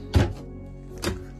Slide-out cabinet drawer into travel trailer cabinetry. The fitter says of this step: there nice and easy, and then that locks into place.